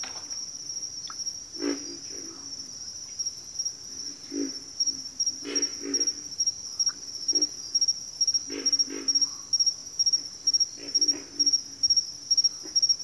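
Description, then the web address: Pig frog grunting calls: low, rough grunts in short doubles and triples, scattered throughout, with a high pulsing insect trill joining partway. Recorded in a bayou; several pig frogs calling. "Echoes of Nature - Bayou 02 Pig Frogs"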